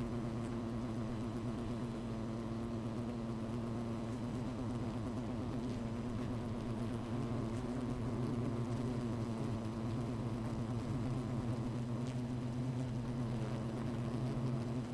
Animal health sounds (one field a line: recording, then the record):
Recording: honeybee colony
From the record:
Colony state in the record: missing queen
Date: 14 July 2017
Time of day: 13:49